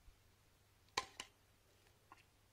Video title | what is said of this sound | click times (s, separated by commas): Second and Third series RPE Valve coil replacement | this simply twists and locks into place | 1.0 s